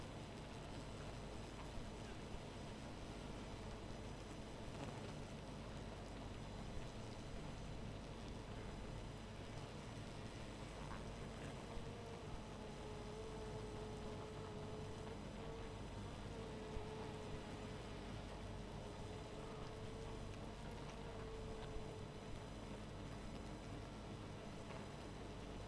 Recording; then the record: honeybee colony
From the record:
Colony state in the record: missing queen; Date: 14 July 2017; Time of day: 0:00